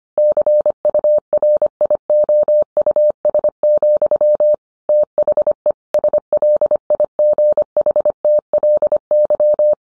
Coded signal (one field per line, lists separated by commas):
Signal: Morse code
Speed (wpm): 25 wpm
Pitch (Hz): 600 Hz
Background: none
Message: CURIOUS, THE SLIGHTLY